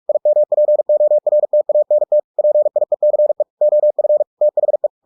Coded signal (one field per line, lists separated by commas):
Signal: Morse code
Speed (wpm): 46 wpm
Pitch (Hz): 600 Hz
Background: none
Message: IMPORTANT PIECE OF THE